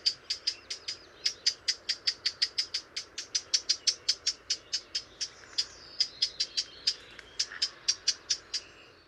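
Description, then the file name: Eurasian blackcap repeating hard tac notes in a rapid, slightly uneven series. "Sylvia atricapilla"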